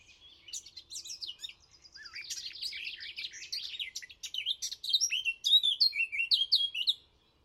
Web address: chant didier collin fauvette a tete noire